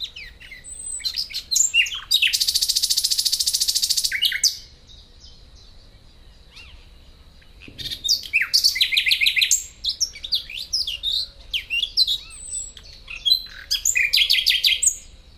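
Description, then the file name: Common nightingale song: varied notes, a dense harsh buzzing trill for about two seconds, a quiet gap, then rich varied chirps, whistles and rapid notes in quick succession. "Luscinia megarhynchos"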